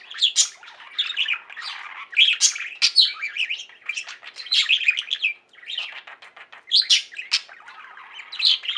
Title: Budgie Sounds